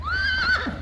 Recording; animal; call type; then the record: contact call of a hoofed animal; Przewalski's horse; whinny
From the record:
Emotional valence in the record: negative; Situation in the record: naturally occurring agonistic interactions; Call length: 0.81 s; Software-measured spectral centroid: 2400 Hz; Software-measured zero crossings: 2750 a second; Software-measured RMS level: -24 dBFS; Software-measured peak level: -13 dBFS